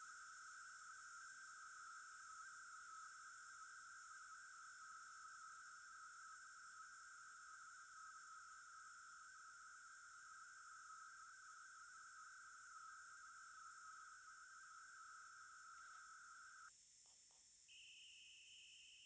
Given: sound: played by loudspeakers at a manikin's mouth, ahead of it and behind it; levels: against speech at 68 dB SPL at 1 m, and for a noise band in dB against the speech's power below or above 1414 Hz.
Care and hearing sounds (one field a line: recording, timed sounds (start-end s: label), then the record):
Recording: test signals for a remote microphone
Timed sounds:
0.00-16.68 s: noise band at 1414 Hz, as loud as that band is in speech
17.68-19.06 s: noise band at 2828 Hz, as loud as that band is in speech
From the record:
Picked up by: remote microphone D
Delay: 24 ms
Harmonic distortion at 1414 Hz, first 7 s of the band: under -34 dB